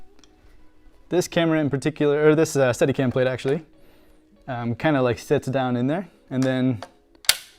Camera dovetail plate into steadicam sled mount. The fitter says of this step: rocks down, and you hear that snap, and it has a safety, so it can't slide out.